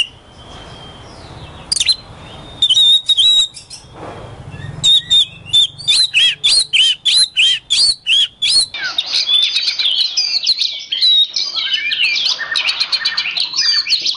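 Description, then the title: Oriental magpie-robin song opens with scattered whistles, then a quick rhythmic series of chirps, shifting into a continuous scratchy warble. Kacer poci, national champion competition bird; song described as gacor, nembak and ngerol; recording presents seven kinds of kacer song, three minutes each. "Kacer Poci Gacor Nembak Dan Ngerol Juara Nasional. 7 macam suara kacer setiap 3 menit"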